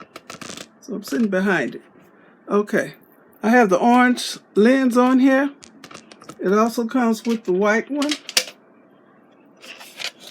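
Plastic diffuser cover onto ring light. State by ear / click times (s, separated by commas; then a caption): seated / 8.4 s. A white plastic diffuser cover is pressed onto the front of a NEEWER 14-inch ring light, which also has an orange lens. Someone talks, and there are light taps near the start. A loud, sharp snap at 8.4 s shows the cover seating in place.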